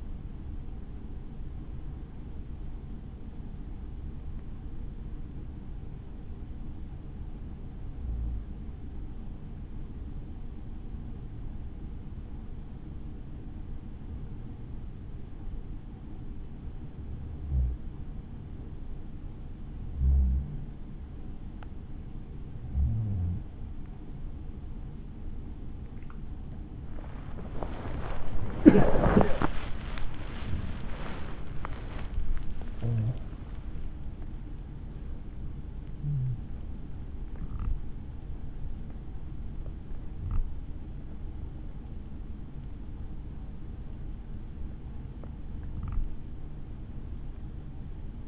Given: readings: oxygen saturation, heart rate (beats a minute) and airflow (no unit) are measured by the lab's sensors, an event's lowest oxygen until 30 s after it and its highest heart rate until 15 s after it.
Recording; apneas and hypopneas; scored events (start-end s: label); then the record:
breathing in sleep by a smartphone at the bedside; 1
10.00-28.60 s: hypopnea (N2, oxygen 94% highest, then 92% lowest, heart rate 52 at the start, 80 highest)
30.00-48.28 s: new sleep stage, awake
31.00-48.28 s: awake
From the record:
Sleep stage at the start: N2 (light sleep); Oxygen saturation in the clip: 92 to 94%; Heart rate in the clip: 51 to 80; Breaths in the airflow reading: 15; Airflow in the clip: -7.1 to 10.7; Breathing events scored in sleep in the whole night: 216 in 7.0 hours asleep